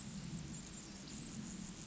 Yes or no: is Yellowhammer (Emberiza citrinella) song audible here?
no